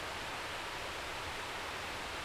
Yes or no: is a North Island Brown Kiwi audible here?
no